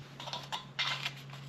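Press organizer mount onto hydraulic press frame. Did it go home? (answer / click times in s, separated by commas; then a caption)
no / none. A snap-fit mechanical organizer bracket is being handled and pushed against the frame of a Harbor Freight hydraulic shop press, producing bursts of light plastic-and-metal rubbing and rattling over a steady low hum. Nothing has seated or clicked yet.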